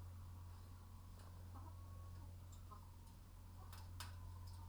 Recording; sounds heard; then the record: poultry house recording; sick chickens (respiratory disease)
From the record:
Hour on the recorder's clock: 15